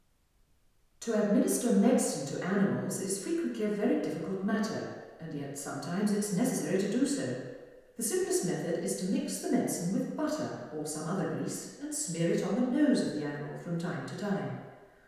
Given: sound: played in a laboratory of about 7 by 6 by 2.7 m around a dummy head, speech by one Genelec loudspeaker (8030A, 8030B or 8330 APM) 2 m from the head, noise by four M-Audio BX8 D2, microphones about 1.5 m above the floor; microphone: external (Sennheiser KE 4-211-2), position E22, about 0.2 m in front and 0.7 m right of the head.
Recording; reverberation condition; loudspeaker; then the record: female speech in English; high; 120 degrees to the left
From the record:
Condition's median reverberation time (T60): about 1300 ms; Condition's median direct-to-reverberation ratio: about -4.0 dB